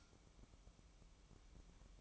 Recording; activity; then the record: daily activity, microphone in the room; light off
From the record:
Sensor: 1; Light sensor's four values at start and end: 12/29/12/13 and 12/29/12/13